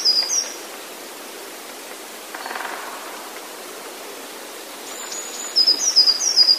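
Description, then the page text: Eurasian blue tit singing: the tail of one high phrase at the start, then after a long pause another high phrase of thin notes followed by a rapid run of repeated high notes, with hiss throughout. "Sikora modraszka. Przykłady śpiewu modraszki"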